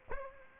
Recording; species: mosquito wingbeat signal from an infrared sensor; Aedes aegypti